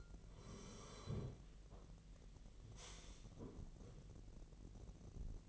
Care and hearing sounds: daily activity, microphone in the room; sit down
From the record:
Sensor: 4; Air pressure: 1002.4 hPa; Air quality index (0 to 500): 248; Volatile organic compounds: 38 ppm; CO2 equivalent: 3120 ppm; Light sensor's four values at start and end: 11/25/10/10 and 11/25/10/10

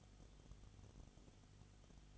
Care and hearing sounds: daily activity, microphone in the room; no activity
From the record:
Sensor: 4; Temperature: 22.7 degrees Celsius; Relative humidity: 31.7%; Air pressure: 995.4 hPa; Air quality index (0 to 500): 158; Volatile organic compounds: 2 ppm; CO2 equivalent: 1256 ppm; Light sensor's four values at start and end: 2/3/1/1 and 2/3/1/1

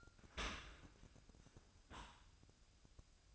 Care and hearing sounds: daily activity, microphone in the room; open dishwasher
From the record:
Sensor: 2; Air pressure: 1003.0 hPa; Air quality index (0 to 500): 199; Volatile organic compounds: 6 ppm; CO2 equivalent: 1889 ppm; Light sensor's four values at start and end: 14/35/15/16 and 15/35/15/16

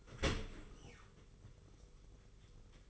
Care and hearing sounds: daily activity, microphone in the room; open dishwasher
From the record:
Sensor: 4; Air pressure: 991.2 hPa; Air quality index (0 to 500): 155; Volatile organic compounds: 115 ppm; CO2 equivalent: 3845 ppm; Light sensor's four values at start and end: 22/73/27/28 and 22/73/27/28

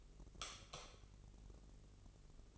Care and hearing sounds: daily activity, microphone in the room; light off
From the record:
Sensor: 4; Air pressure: 996.1 hPa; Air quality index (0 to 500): 67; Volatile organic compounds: 2 ppm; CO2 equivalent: 1215 ppm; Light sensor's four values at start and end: 18/46/18/18 and 15/34/13/13

